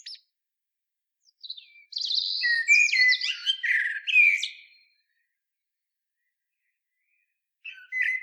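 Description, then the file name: Common blackbird giving one sustained, varied warbling phrase with sliding whistles and squeaky top notes, then a brief fragment near the end. "Turdus merula"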